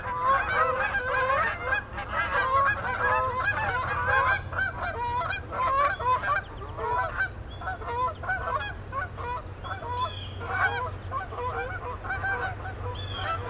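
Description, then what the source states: Goose: flock of geese calling nonstop, overlapping honks layered thickly throughout, with a low steady hum in the background. Geese calling in flight, recorded 22 September 2007.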